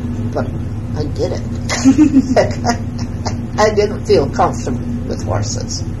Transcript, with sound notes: but I did it! [laughs] I didn't feel comfortable with horses.